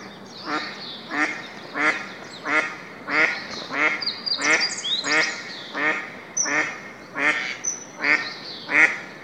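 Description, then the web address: Duck giving a steady series of harsh, nasal quacks, about one every half second to second, each call short and buzzy, with faint higher bird chirps behind. "birdenaga karugamo"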